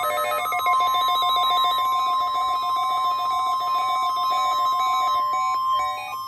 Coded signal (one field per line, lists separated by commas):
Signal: Emergency Alert System (SAME) tones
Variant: 1050 Hz attention tone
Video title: Thursday’s Required Weekly Test [EAS #613] + Required Weekly Test Scrolls